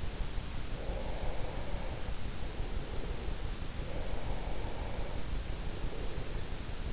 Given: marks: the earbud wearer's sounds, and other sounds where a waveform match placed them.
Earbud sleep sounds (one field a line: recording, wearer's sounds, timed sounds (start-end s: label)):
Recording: sounds in sleep by an in-ear microphone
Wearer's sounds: breath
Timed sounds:
0.72-3.21 s: breath
3.89-6.46 s: breath